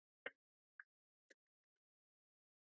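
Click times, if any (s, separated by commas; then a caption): none. The plastic back shell of a PlayStation 5 CFI-ZCT1W controller, being fitted with Hall effect joysticks, is angled in at about 45 degrees, slid under the joysticks and pushed onto the front housing. Three short, dry taps sound at about 0.3, 0.8 and 1.3 seconds, then silence. The shell has not clicked in and is not fully home, so the controller must be reopened.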